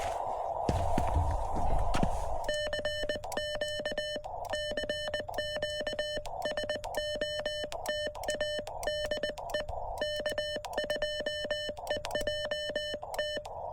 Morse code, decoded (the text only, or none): CQ CQ SOTA DE K2EJT